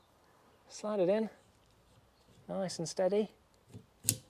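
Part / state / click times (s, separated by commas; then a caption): wiper blade onto windscreen wiper arm / seated / 4.1 s. A new wiper blade is slid from above onto the hook of a windscreen wiper arm on a Citroen Berlingo / Peugeot Partner and pushed in steadily while someone talks. Its plastic tab clicks into place with a sharp click at 4.1 s, seating the blade on the arm; the click is the sign the job is done.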